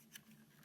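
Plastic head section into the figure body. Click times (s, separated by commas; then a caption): 0.2 s. The plastic head section of a DX-9 D05 Chigurh transforming figure pre-production sample is placed back down and tabbed into the figure body. A short, bright plastic click lands at 0.2 s over a faint steady hum. The head section locks into place.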